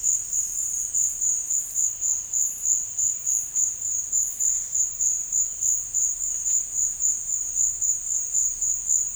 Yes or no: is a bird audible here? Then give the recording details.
no. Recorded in dense forest near Puerto Asís, Putumayo, Colombia, on 13 March 2025 at 14:30. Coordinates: 0.484, -76.317. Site G064